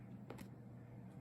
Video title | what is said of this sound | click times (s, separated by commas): Bissell “Featherweight” Stick Vacuum (purple) Model 20334 | you have to get it to snap into that little tab there | 0.3 s